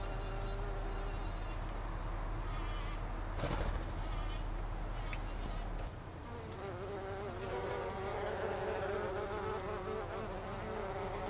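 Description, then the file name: Bumblebee buzzing, a low drone that grows into a stronger wavering whine in the second half, with a brief knock early on. Recorded 26 August 2012. "hunangsflugur 2012-08-26"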